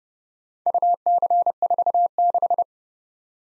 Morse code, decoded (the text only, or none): UC46